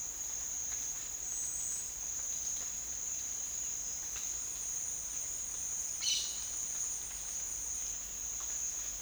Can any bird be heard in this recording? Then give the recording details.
yes. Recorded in secondary vegetation near Puerto Asís, Putumayo, Colombia, on 29 June 2025 at 12:30. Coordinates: 0.498, -76.327. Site GP09